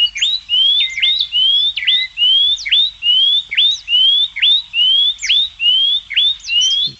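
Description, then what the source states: Painted Honeyeater song: clear whistled phrases, each a rising slur with a sharp downward flick, repeated in a steady series. Recording played to a radio guest as an identification test.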